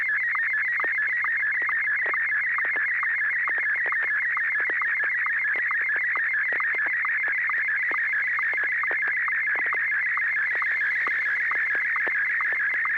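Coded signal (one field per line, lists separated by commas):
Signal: SSTV (slow-scan television)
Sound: steady warbling whine with fast regular ticking pulses, like a chirping modem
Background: low electrical hum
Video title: N6NA SSTV Net - 01/13/2021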